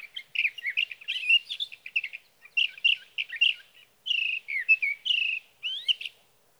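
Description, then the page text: Sage thrasher song, a fast tumbling medley of whistles and buzzy trills, broken into several runs with short pauses and drawn-out slurred notes near the end. Male singing at night near his roost, recorded over three nights from evening June 12 to morning June 15, 2018, Sierra Valley, California, with a Swift recorder. "Sage thrasher songs, through the night. from the evening of June 12 to the morning of June 15, 2018, in Sierra Valley, California"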